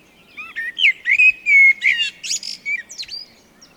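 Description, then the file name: Eurasian blackbird with a flowing phrase of mellow whistles that turns into high, scratchy twittering notes toward the end. "Turdus merula"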